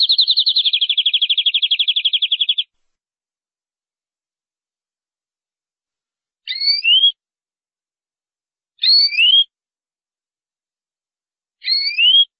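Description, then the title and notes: Canary song opens with a fast, even rolling trill lasting over two seconds, followed by three separate two-part whistled phrases. "BM Suara Kenari. BM Suara Burung Kenari"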